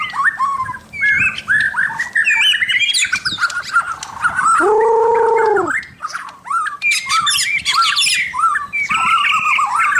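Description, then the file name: White-rumped shama singing a busy run of varied whistles and squeaky chirps, broken midway by a sustained steady tone before the quick warbling resumes. Local name murai batu mahkota. "suara-murai-batu-mahkota-v 2"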